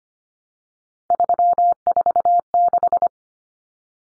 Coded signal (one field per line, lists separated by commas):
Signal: Morse code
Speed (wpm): 25 wpm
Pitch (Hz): 700 Hz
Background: none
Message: 346